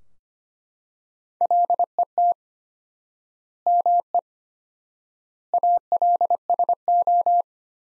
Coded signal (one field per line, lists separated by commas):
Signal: Morse code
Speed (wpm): 25 wpm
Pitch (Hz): 700 Hz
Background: none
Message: LET ME ALSO